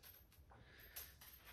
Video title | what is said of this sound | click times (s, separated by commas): Master Plumber Installs Moen Faucet in the Laundry Room Sink | you see it goes in there real nice like that you see the groove pops right in there | 1.0 s